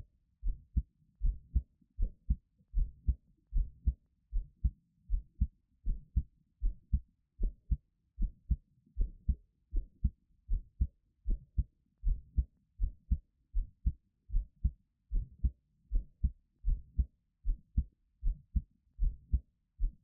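Steady low paired thumps at about 77 beats a minute: an ordinary adult heartbeat, heard close and quiet.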